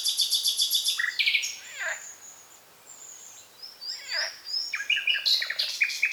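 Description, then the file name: Common nightingale song opening with a fast rattling trill, then whistled notes and descending slurs. "Luscinia megarhynchos"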